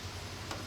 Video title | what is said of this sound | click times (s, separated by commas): 2017-2020 Raptor Bumper Light bar Mount Kit Installation | here on the outside you'll see how this'll line up in the groove and snap in place as well just | 0.5 s